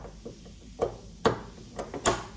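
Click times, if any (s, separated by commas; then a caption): 1.3 s, 2.1 s. A metal snap ring is pressed into the groove of the cooler bypass valve delete plug bore in a 6L80/90 automatic transmission to retain the plug. Sharp clicks sound at 1.3 s and 2.1 s, with fainter taps around them. The snap ring seats in its groove.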